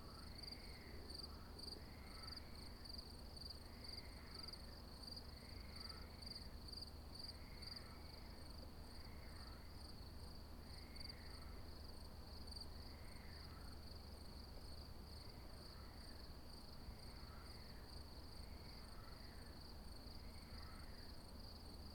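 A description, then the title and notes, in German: Crickets chirp steadily in two high, even bands, while a lower arching call repeats about every second over a faint low rumble. Grillen und eine Maus auf dem Hesselberg.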